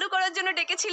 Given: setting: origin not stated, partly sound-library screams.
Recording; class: one-second piece from a danger detection set; woman in danger